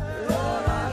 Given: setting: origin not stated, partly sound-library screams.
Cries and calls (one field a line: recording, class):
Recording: one-second piece from a danger detection set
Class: normal situation